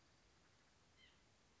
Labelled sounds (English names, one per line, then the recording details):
White-breasted Nuthatch
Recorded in Sonoma County, California